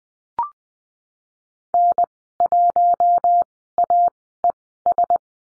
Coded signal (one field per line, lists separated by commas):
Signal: Morse code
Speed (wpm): 20 wpm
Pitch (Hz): 700 Hz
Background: none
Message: N1AES